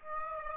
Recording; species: mosquito wingbeat signal from an infrared sensor; Aedes aegypti